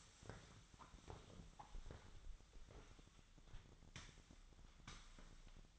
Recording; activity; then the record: daily activity, microphone in the room; sweep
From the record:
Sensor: 3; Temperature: 24.4 degrees Celsius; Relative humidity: 34.2%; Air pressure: 1004.7 hPa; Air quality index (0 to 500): 87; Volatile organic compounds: 3 ppm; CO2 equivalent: 1326 ppm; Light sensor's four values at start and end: 7/17/6/6 and 7/17/7/6